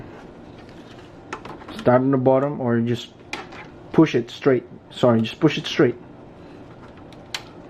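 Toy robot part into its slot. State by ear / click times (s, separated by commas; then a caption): seated / 7.3 s. A toy robot piece is pushed straight into its slot while someone talks, with a few small plastic taps along the way. It clicks home at 7.4 s, seated.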